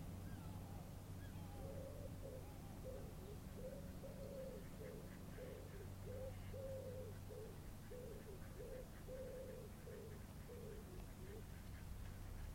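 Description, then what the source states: Pigeon cooing: a soft run of low, hollow notes repeated steadily for about ten seconds over a constant low background hum. Pigeon cooing quietly on a quiet morning in a small secluded park in Dublin.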